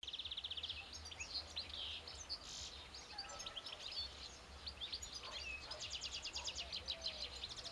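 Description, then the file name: European goldfinch twittering, quick high chirps in bursts, ending in a fast repeated trill, over a soft low hum with a few lower whistled notes. "Carduelis carduelis"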